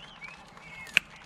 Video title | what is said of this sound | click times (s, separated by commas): Suzuki SV1000 Project Bike - Part 1 - Let's Start With The Missing Clutch | go it clicked clicked | 1.0 s